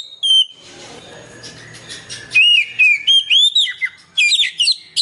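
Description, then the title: Oriental magpie-robin song: a brief whistle, then a stretch of low noise, followed by clear whistled phrases in quick succession. "Kacer5"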